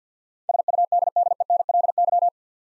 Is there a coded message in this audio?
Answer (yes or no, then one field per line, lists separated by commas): yes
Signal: Morse code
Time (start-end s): 0.5-2.3 s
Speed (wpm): 50 wpm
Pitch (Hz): 700 Hz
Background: none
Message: SUDDENLY